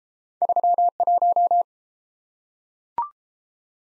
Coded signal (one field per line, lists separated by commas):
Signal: Morse code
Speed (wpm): 34 wpm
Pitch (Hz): 700 Hz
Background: none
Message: 31